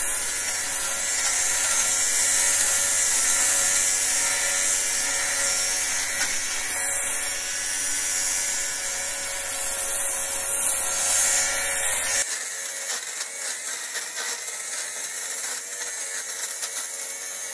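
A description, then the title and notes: A fabric shaver runs with a steady, bright buzzing whir, dense and even with a faint low hum underneath. Brief changes in pitch come around seven and ten to twelve seconds. At about twelve seconds it drops to a thinner, quieter hiss for the rest. ASMR: Fabric Shaving - No Talking, Fabric Sounds, White Noise. I needed to tidy some of my jumpers as they were pilling, so I thought to myself that my fabric shaver sound might make for some good ASMR white noise.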